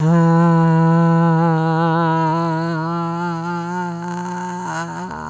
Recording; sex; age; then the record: sustained vowel /a/; female; 70 to 79 years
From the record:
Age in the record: 72 years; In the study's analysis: excluded